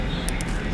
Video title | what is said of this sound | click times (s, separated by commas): Mercedes Benz W204 Spark Plug Replacement | whenever you hear the click do not go any further because you have now set it to 15 pound foot | 0.3 s